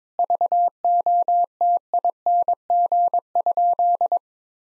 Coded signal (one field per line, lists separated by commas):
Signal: Morse code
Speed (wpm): 22 wpm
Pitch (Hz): 700 Hz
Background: none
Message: VOTING?